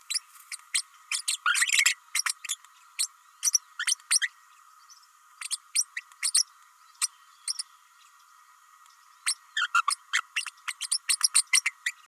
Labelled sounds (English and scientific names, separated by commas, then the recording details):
Green-rumped Parrotlet (Forpus passerinus) babbling
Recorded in a nest box in Venezuela
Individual 18B104A3